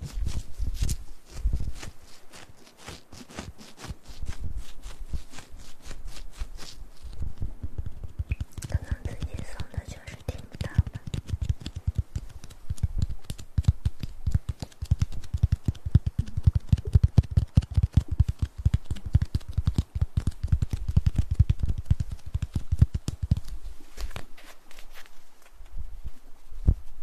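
Ear massage and mouth sounds: dense, rapid rubbing and crackling clicks throughout, with a softer stretch of wet mouth sounds around ten seconds.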